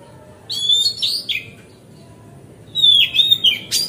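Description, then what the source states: Oriental magpie-robin song in two phrases of sliding whistled notes, a quiet gap between them. Kacer recording for 'masteran', tutoring pet birds, made on a terrace.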